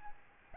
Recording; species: mosquito wingbeat signal from an infrared sensor; Aedes albopictus